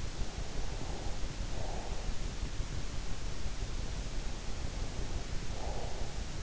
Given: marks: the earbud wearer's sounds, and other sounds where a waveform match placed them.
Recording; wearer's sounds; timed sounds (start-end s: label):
sounds in sleep by an in-ear microphone; breath
0.31-2.23 s: breath
4.60-6.33 s: breath